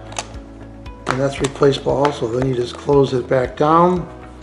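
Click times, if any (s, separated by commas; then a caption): none. The hinged plastic lid over the water and dirt filtration compartment on a robot vacuum's tank is handled and being closed back down while someone talks over background music. A brief sharp tick sounds near 0.2 s and a softer one near 0.9 s. The lid has not clicked shut yet.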